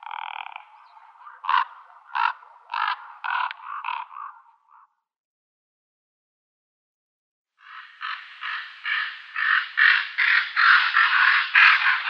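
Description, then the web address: Common raven with a series of harsh, pulsed croaks, then a pause, followed by a long, grating rattle that grows louder. "Schulze Peter Common Raven"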